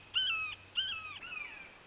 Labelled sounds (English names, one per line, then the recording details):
Red-shouldered Hawk
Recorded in Sonoma County, California